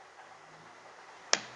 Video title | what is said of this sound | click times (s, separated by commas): BMW의 플러그인 하이브리드 차량 BMW 530e LUXURY 차량 파헤쳐보기(feat. 전기주행거리 39Km, 16.7Km/L의 연비 및 장점) | 이렇게 딸깍 소리가 나면 충전이 진행이 되는 거고 | 1.3 s